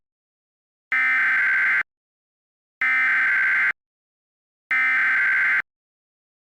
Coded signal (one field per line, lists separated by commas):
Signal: Emergency Alert System (SAME) tones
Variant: header bursts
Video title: EAS Short - Freddi Fish's Rodeo (Read Description)